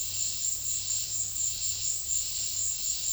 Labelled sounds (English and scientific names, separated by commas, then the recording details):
none
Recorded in secondary vegetation near Puerto Asís, Putumayo, Colombia, on 4 March 2025 at 14:00
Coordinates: 0.484, -76.319
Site G010